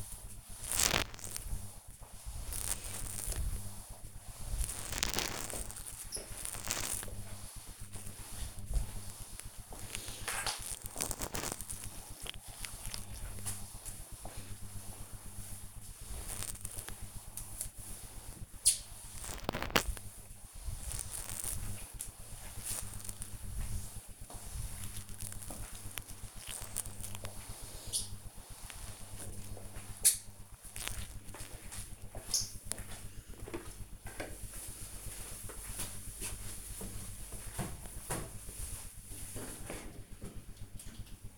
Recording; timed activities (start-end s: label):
household activities, microphone on the right wrist
0.00-32.17 s: floor cleaning